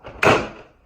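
After cleaning, the main front cover of a split-system indoor AC unit, likely plastic, is slid back over the unit with a soft scraping sound. One loud, sharp click comes at 0.2 s and rings out briefly. The cover is seated back in place.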